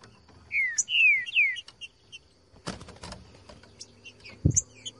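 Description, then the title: Trinca-ferro: songbird song: a short phrase of loud descending whistles at the start, followed by rustling noises and faint high chips. Recorded in the bush; used to make a trinca-ferro sing and to warm it up (esquentar); song type 'voz 10'. "Canto De Trinca Ferro Voz 10. TRINCA FERRO CANTANDO NO MATO. ESQUENTAR TRINCA FERRO"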